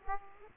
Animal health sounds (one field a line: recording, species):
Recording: mosquito wingbeat signal from an infrared sensor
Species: Aedes aegypti